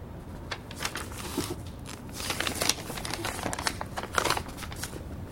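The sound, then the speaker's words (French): Crisp paper crinkles and rustles as a letter that had been slipped into a book is unfolded and handled in a hotel room, a steady run of dry crackling with a few sharper snaps, moderately loud with no talking. “Dans sa chambre d'hôtel, Théodora lit la lettre glissée par Joseph dans le livre.”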